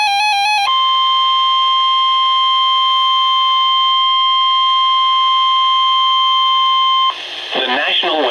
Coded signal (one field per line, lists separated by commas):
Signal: Emergency Alert System (SAME) tones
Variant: 1050 Hz attention tone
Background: speech, music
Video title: Severe Thunderstorm Warning #3 - 09/12/19 (EAS #1,965)